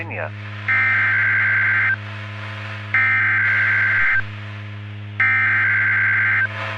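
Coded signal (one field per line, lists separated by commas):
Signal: Emergency Alert System (SAME) tones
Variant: header bursts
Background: speech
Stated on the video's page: Fictional EAS scenario.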